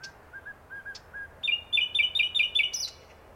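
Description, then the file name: Common nightingale song begins with quiet low piping notes and a few high ticks, then bursts into a loud series of quick, repeated two-part notes and a high ending. "Luscinia megarhynchos"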